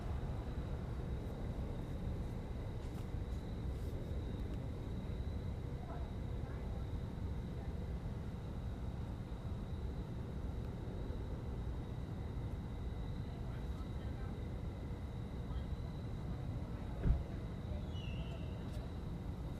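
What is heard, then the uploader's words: A steady, dense low rumble with a thin, constant high whine running above it throughout. Faint scattered ticks come and go, and a single sharp knock stands out near the seventeen-second mark. Standing outside the AMC Carolina Pavilion 22 movie theater on South Boulevard.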